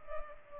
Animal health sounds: mosquito wingbeat signal from an infrared sensor; Culex pipiens

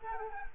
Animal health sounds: mosquito wingbeat signal from an infrared sensor; Culex quinquefasciatus

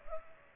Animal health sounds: mosquito wingbeat signal from an infrared sensor; Culex pipiens

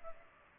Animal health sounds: mosquito wingbeat signal from an infrared sensor; Culex pipiens

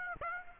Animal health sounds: mosquito wingbeat signal from an infrared sensor; Aedes aegypti

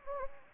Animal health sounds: mosquito wingbeat signal from an infrared sensor; Anopheles gambiae

